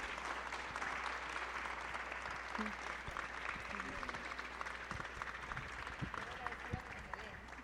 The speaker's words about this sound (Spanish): Pues un aplauso para la maestra, muchas gracias, maestra.